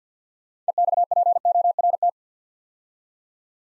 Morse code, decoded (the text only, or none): EXPORT